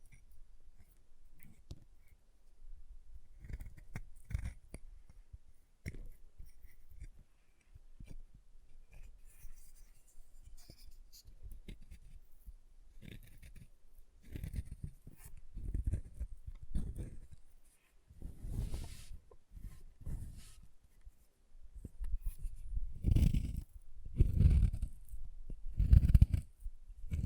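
Chalk being carved and cut, heard as a run of short scraping and crunching strokes with brief pauses between them. The strokes come irregularly, thicker and louder in the second half, with heavier low thuds and gritty scratches near the end.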